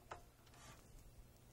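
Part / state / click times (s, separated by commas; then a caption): memory DIMM retaining clip on motherboard slot / released / 0.1 s. The bottom plastic retaining clip on a desktop motherboard's memory DIMM slot is undone to release the memory module. A single short, sharp tick sounds at 0.1 s, followed by faint rubbing over a low steady hum. The clip opens and the module is released.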